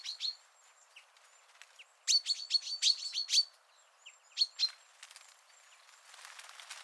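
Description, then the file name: Common chaffinch calls, a burst of short sharp chirps around two seconds and a pair near four and a half seconds, with faint high whistles. "Fringilla coelebs"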